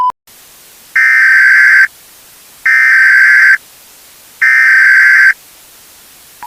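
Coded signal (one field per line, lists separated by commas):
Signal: Emergency Alert System (SAME) tones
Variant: header bursts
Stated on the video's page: Fictional EAS scenario.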